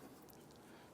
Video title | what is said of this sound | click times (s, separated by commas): How to Replace Windshield Washer Reservoir 2011-2019 Ford Explorer | now push it on you're going to feel it clip into place | 0.3 s